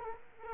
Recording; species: mosquito wingbeat signal from an infrared sensor; Culex quinquefasciatus